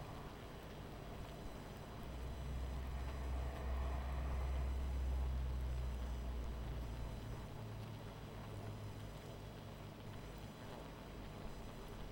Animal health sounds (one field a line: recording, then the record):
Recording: honeybee colony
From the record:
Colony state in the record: missing queen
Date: 14 July 2017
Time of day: 20:52